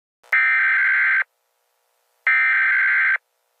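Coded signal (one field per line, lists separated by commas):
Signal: Emergency Alert System (SAME) tones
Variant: header bursts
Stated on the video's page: Fictional analog-horror EAS scenario.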